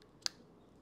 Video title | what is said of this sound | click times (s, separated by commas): Replacing Your Jeep Wrangler Key Fob Battery - Easy DIY Steps! | boom snapped into place it's behind the grooves right here | 0.3 s